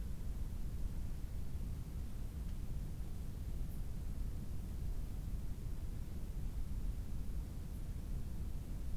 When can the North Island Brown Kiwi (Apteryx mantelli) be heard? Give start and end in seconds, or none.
none